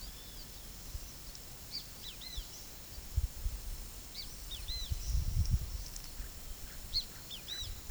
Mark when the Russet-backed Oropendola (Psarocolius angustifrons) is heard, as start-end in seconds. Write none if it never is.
6.10-7.90